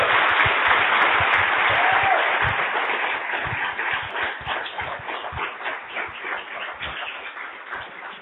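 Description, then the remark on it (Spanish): A crowd applauds steadily, a dense wash of many hands clapping that holds strong for several seconds before thinning into looser, more distinct claps toward the end. “Y yo quiero que ustedes, con un aplauso, le den el agradecimiento por el esfuerzo y por lo que él está haciendo con nosotros.”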